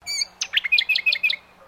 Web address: Sound Effects-Foundation 1 BIRD BROWN HONEY EATER CALL